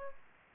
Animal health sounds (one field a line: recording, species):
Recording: mosquito wingbeat signal from an infrared sensor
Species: Aedes aegypti